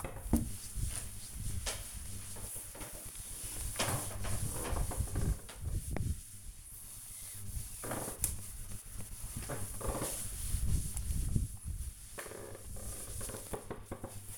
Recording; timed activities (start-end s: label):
household activities, microphone on the right wrist
0.00-14.38 s: window cleaning